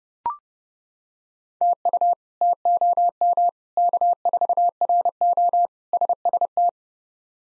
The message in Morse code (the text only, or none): TU TOM K4RO SST